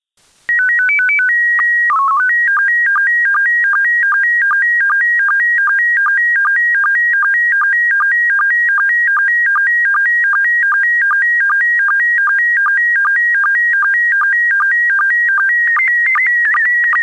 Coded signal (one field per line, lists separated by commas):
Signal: SSTV (slow-scan television)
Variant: PD 50